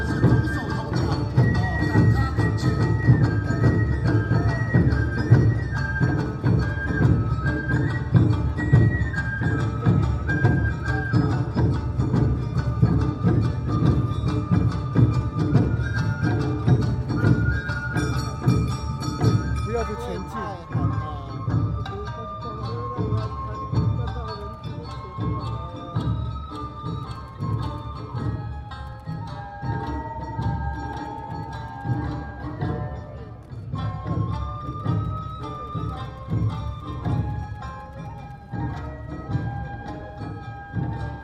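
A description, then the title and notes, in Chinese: An Awa dance troupe performs at a temple, with dense drums, flutes and bells at a steady lively beat, thinning slightly after twenty seconds. 東京高圓寺阿波舞團來台展演。地點在台北市松山區的松山慈祐宮。阿波舞團在台展演。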